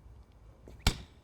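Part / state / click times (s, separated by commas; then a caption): windscreen wiper blade onto wiper arm hook / seated / 0.9 s. A driver-side windscreen wiper blade is pulled onto the hook of the wiper arm until its plastic locking clip snaps into place. After faint handling noises, a sharp, loud click is heard at 0.9 s. The clip is seated on the arm.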